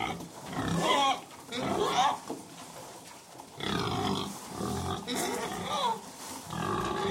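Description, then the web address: Pigs squealing and grunting in several bursts, with rustling feeding sounds between. Pigs feeding indoors. "pigs interior pigs feeding with occasional noise from ducks cows and dogs. Sound Effects-BBC Cattle"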